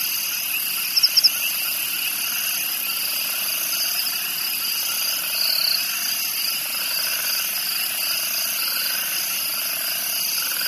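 Crickets trilling continuously in a steady chorus of several high-pitched bands, with a few quick chirps early on.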